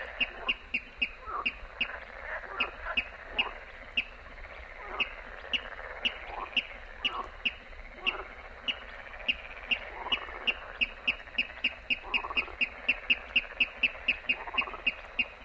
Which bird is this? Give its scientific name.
Rallus aquaticus